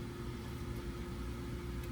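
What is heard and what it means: During a Wood TW-222 install on a 2012 Dyna, an O-ring sealed oil pump part is being pushed by hand into the motorcycle engine case, with fingers placed around the O-ring. Only a steady low hum with a faint constant tone is heard, with no sharp sounds. Nothing has seated or snapped into place yet.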